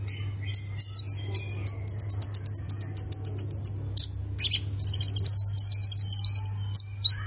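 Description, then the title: Plain prinia singing long runs of rapid, buzzy, high-pitched notes broken by sharp upward chirps, above a constant low hum. "Ciblek Sawah"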